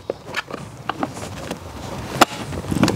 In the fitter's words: so that made a definitive click noise